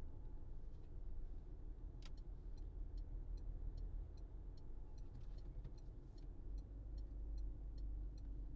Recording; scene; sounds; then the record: everyday scene through a hearing-aid microphone; in a vehicle; engine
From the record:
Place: Berlingo II, diesel engine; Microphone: in the ear canal, left